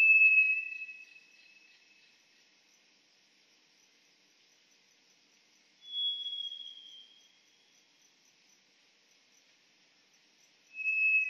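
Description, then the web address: White's thrush uttering slow, drawn-out pure whistles about five seconds apart, alternating a lower note with a higher, gently falling one, over a faint steady insect hum. Recorded on Hahajima, 16 April 2011. "shiryo koe toratsugumi 110416 hahajima"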